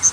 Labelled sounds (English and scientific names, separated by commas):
Chestnut-sided Warbler (Setophaga pensylvanica) flight call